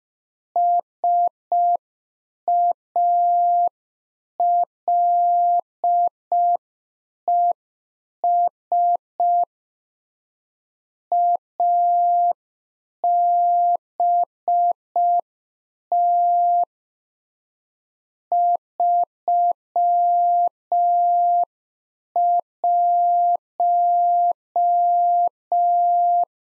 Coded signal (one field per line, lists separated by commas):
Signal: Morse code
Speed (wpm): 5 wpm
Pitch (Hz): 700 Hz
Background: none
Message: SALES ABT 31